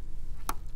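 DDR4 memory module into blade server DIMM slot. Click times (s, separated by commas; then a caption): 0.5 s. A DDR4 memory module is pressed into the A3 DIMM slot of a Dell PowerEdge M630 blade server, and the first of its two retention latches gives a single sharp click at 0.5 s. The module is in but not yet fully seated.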